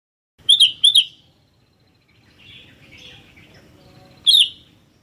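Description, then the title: Sooty-headed bulbul calling: two quick sharp chirps, a stretch of faint twittering, then one more bright chirp near the end. "kutilang"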